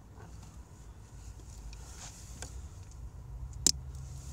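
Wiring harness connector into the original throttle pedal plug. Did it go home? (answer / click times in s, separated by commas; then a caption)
yes / 3.7 s. A Tunit Power Pedal add-on wiring harness connector is pushed into the original throttle pedal plug over a low steady hum, with a faint tick at about 2.4 s. A loud, sharp click at 3.7 s is the connector latching, so it is seated and clicked in.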